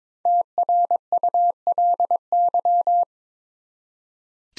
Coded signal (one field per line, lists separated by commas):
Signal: Morse code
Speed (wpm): 22 wpm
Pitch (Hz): 700 Hz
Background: none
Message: TRULY